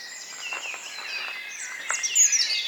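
Birds chirping in a dense chorus, soft clicks early on, then sharp high twitters growing louder at the end.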